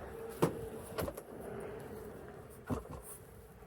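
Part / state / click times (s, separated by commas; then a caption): folding tonneau cover panel clip into truck bed rail latch / not seated / none. A folding panel of a hard tonneau cover on a GMC Sierra EV is pressed into place, pushing its clip toward the truck bed rail latch. A few dull knocks and thumps are heard, the loudest near 0.4 s and others around 1.0–1.2 s and 2.7–2.9 s, over a steady low hum. This clip has not clicked or seated yet.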